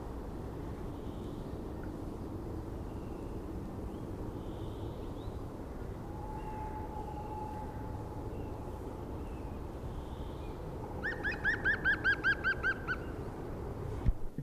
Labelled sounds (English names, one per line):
European Green Woodpecker song